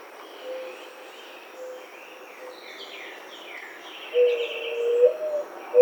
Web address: sounds birds Mourning Dove 2009 07 14